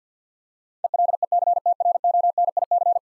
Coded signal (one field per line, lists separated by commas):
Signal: Morse code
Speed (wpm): 45 wpm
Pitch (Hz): 700 Hz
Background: none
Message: ELECTRONIC